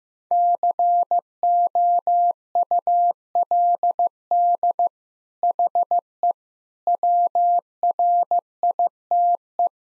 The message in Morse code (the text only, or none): COULD HE WRITE